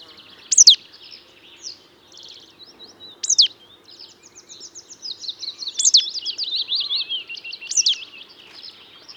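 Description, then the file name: Marsh tit calls: two sharp, high downslurred notes a few seconds apart, followed by a busy, rapid stream of thin twittering notes. "Poecile palustris"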